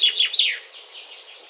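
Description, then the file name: Common chaffinch: a few bright, high notes slurring downward in quick succession, then fading into faint background sound. "Fringilla coelebs"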